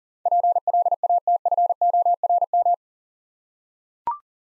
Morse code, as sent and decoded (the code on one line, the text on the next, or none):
.--. .-.. .- - ..-. --- .-. --
PLATFORM